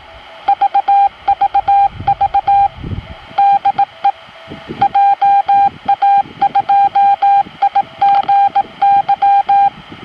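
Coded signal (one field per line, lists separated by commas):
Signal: Morse code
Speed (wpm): 18 wpm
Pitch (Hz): 800 Hz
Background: radio noise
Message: VVV DE JA2IGY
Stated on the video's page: 2.4 GHz beacon on Mount Asama at Ise, received from Mount Ontake, Nagano, with a cheap Chinese log-periodic antenna.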